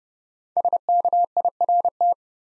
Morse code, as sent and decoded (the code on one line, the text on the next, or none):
... -.- .. .-. -
SKIRT